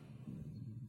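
A short, loud, low rumble with a bubbling, gurgling texture lasts just under a second, coming from an adult woman's stomach. It is stomach rumbling (borborygmi), the ordinary sound of gas and fluid moving through the gut, here linked to hunger, deep enough to be likened to mountains moving.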